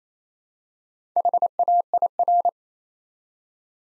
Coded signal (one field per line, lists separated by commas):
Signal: Morse code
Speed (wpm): 27 wpm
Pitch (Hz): 700 Hz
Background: none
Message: HAIR